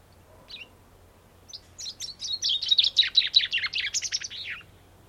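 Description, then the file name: Common chaffinch singing: a few introductory chips, then a fast run of high notes. "Fringilla coelebs"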